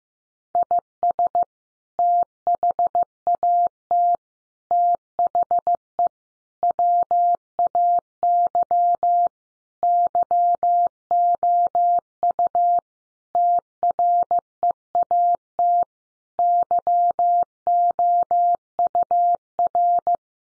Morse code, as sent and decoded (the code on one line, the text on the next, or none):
.. ... / - .... .- - / - .... . / .-- .- -.-- / -.-- --- ..- / - .-. . .- - / -.-- --- ..- .-.
IS THAT THE WAY YOU TREAT YOUR